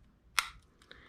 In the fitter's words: and it locks in place just like the Hercules one.